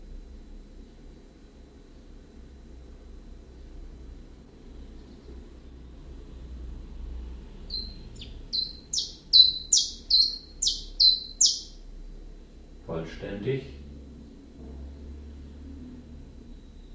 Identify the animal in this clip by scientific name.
Phylloscopus collybita